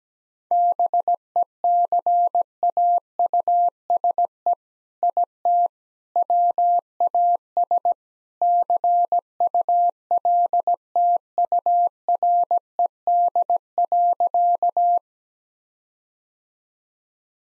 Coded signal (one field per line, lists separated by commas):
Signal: Morse code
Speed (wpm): 17 wpm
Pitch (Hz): 700 Hz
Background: none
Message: BECAUSE IT WAS CULTURED.